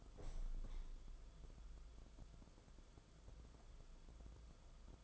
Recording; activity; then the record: daily activity, microphone in the room; open window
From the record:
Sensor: 5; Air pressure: 994.5 hPa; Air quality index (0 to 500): 186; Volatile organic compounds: 1000 ppm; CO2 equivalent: 5483 ppm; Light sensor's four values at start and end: 10/24/10/11 and 10/25/10/11